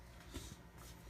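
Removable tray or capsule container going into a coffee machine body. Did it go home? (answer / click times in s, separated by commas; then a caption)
no / none. A removable part of a Breville BES870XL Barista Express espresso machine, probably the drip tray or used-capsule container, is being pushed back into the machine body with a simple push. Soft handling and sliding noise is heard, with a few dull low bumps around 0.4 and 0.5 seconds. The clip ends before the part goes home, so nothing has seated or clicked yet.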